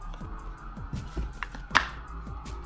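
A light, flimsy-feeling attachment piece, likely the light seal or band, is fitted onto the frame of an Apple Vision Pro headset. It snaps in with sharp clicks at 1.4 s and 1.8 s, and the piece is seated in place.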